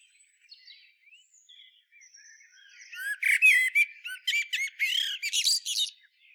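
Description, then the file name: Common blackbird giving a burst of high, squeaky twittering notes, faint thin whistles at first, then loud rapid chattering phrases in the second half. "Turdus merula"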